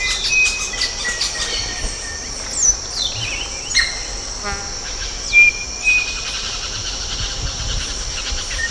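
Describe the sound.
Bird calls: descending swept notes, a rapid rattling series, and level whistles, with an unbroken high insect drone behind.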